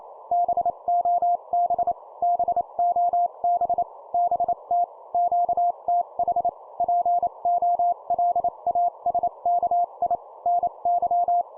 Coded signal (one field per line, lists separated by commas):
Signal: Morse code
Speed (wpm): 29 wpm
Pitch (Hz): 700 Hz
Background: none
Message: BOB BOB BT QTH POLASKI NY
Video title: 25wpm CQ QSO Call Short Example, CW morse code